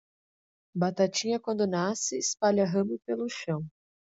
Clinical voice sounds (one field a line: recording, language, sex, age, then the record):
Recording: short text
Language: Brazilian Portuguese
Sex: female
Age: 20 to 29 years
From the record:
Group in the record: control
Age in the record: 20 years